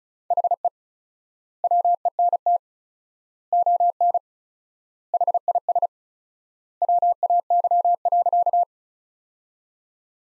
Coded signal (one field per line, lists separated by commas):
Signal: Morse code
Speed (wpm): 36 wpm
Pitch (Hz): 700 Hz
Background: none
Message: HE WENT ON HIS WAY.